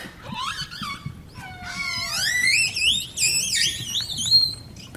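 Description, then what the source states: Killer whale whistles: several overlapping high, wavering squeals, some rising and some gliding down. Whistles; orca whistles are characteristic of populations, forming distinct dialects.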